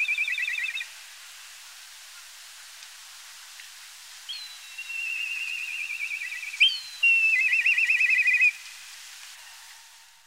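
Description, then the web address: Black kite calling with high, quavering whistled trills, a brief trill at the start, then a long wavering whistle and a rapid shivering trill near the end. "milvus migrans"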